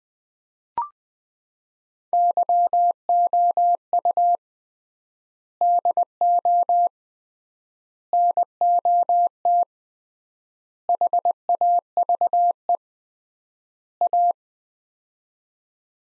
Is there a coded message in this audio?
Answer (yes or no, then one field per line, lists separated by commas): yes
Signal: Morse code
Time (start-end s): 2.1-14.3 s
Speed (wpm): 20 wpm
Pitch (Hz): 700 Hz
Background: none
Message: YOU DO NOT HAVE A